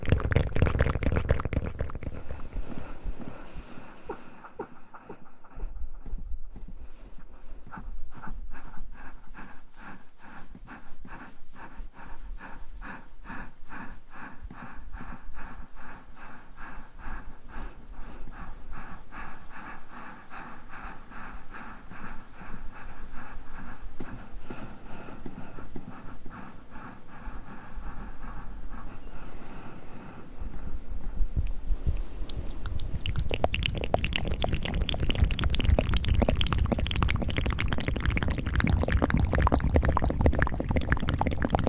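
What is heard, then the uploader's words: Tingly mouth sounds fill the recording: soft, wet clicks and breathy smacks repeating quickly and fairly steadily from about 5 to 31 seconds over a low, constant hum. At the start and again after 32 seconds, louder, denser rustling and breathy swishes take over. ASMR Tingly Mouth Sounds & Hand Movements.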